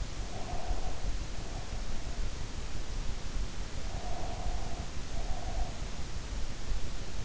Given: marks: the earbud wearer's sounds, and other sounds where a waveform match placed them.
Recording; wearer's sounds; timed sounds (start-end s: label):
sounds in sleep by an in-ear microphone; breath
0.14-2.35 s: breath
3.78-5.96 s: breath